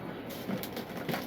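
The foam canopy of a Kavan Bristell B23 RC airplane is handled against the fuselage, producing soft plastic rustles and a few light taps at about 0.6, 0.8 and 1.1 seconds over a steady background hiss. Nothing has seated or clicked into place yet.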